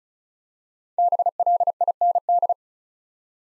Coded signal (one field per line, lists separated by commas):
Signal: Morse code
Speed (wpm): 36 wpm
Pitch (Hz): 700 Hz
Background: none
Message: BLIND